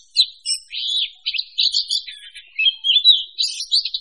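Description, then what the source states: Songbirds chattering: rapid high twittering notes and buzzy trills run together in a continuous jumble, with louder sharp chirps popping out now and then. A mix of several different birds singing together.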